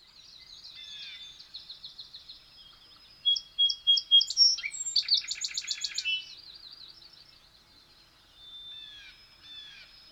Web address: sonido de pajaros cantando en un bosquecillo